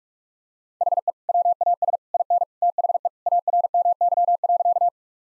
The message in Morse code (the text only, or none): HE WAS IN THE ARMY.